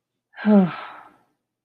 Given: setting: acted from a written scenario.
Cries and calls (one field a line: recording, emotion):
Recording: vocal sound without words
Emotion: shame